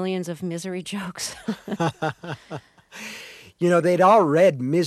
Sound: soundbite of laughter

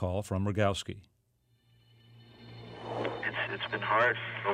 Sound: Soundbite of Stoked: The Rise and Fall of Gator

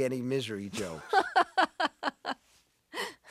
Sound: soundbite of laughter

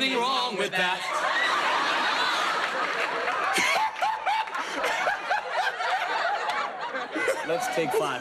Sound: soundbite of laughing

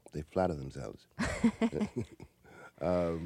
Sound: laughs

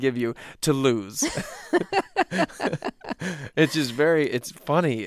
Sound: laughter

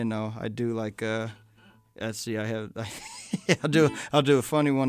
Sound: laughing

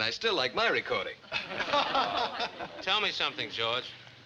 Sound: soundbite of laughter

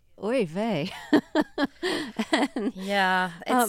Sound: soundbite of laughter

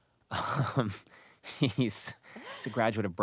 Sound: laughter

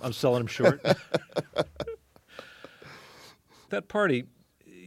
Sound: soundbite of laughter

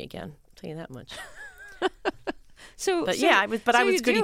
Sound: laughter

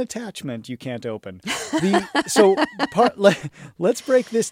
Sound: soundbite of laughter

